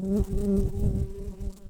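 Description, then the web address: Brown-banded carder bee worker buzzing: a steady low droning hum that holds throughout, fading slightly toward the end. "Humilis workers"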